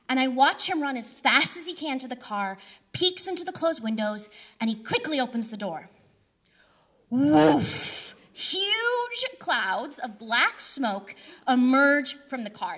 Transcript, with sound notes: And I watch him run as fast as he can to the car, peek into the closed windows, and he quickly opens the door. (loudly) Wooooof! Huge clouds of black smoke emerge from the car.